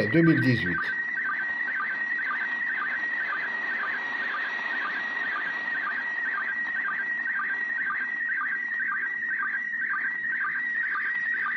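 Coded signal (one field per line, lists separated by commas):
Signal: SSTV (slow-scan television)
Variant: PD 120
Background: speech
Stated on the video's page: SSTV images from the ISS received on a smartphone.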